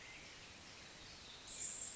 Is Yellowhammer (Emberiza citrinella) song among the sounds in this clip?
no